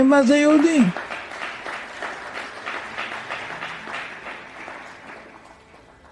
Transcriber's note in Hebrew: מחיאות כפיים